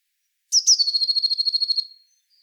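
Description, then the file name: Eurasian blue tit: a pair of high introductory notes leading into a quick, regular trill of repeated pulses that trails off after about one and a half seconds. "Cyanistes caeruleus"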